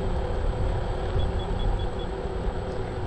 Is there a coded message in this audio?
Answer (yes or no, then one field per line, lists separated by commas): no